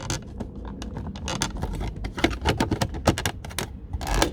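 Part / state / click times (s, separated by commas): window switch into car door trim panel / seated / 3.6 s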